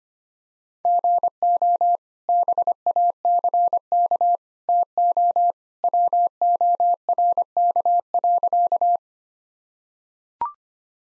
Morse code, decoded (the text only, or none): GO BACK TO WORK.